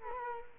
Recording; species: mosquito wingbeat signal from an infrared sensor; Culex quinquefasciatus